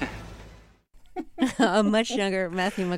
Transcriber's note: laughter